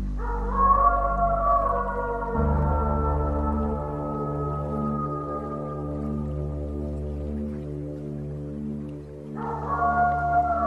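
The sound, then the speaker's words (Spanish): Long, sustained wolf howls overlap in a steady, droning chorus, holding level pitches that shift lower after a couple of seconds and rise again near the end, with no talking. “al anochecer, mamá loba les dijo a sus lobeznos: hijos míos, os voy a leer un cuento chino”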